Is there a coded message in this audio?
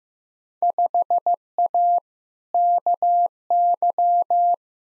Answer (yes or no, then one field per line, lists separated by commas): yes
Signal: Morse code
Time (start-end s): 0.6-4.5 s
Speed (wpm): 15 wpm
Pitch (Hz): 700 Hz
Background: none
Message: 5A KY